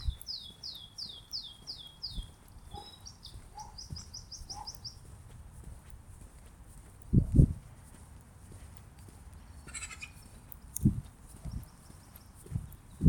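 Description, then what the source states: Bird calls: a quick series of high, downslurred chips at the start, then a few faint lower notes. Later there are scattered low knocks and a brief burst of noise. Unidentified mystery bird.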